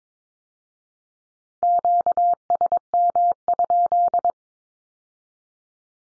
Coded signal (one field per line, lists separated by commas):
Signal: Morse code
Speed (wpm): 22 wpm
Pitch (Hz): 700 Hz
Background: none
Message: QSM?